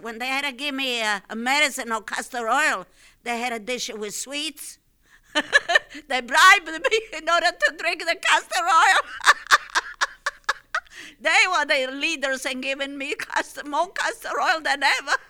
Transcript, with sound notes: When they had to give me medicine or castor oil, they had a dish of sweets. ( she laughs ) They bribe me in order to drink the castor oil. ( she laughs ) They were the leaders in giving me more castor oil than ever.